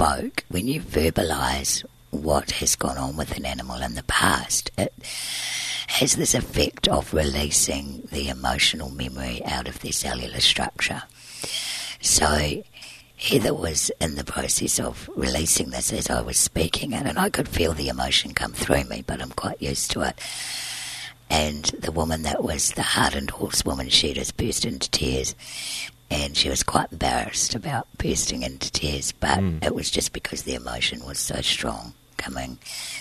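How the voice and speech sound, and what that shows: Adult woman speaking with dysphonia; her voice sounds different because surgery to remove laryngeal cysts scarred one of her vocal cords. She breathes through a tracheostomy tube because her airway is narrow.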